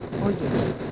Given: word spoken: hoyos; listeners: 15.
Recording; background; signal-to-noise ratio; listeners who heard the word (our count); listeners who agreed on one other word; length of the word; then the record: one Spanish word in noise, from a listening test; noise modulated by three-talker babble; -4.4 dB; 2 of 15; 10 of 15; 0.52 s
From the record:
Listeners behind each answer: 10, 2, 2, 1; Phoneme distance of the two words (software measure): 10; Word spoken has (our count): 2 syllables, 4 phonemes, stress on syllable 1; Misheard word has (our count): 2 syllables, 4 phonemes, stress on syllable 1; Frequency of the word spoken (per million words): 6.03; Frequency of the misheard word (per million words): 5.25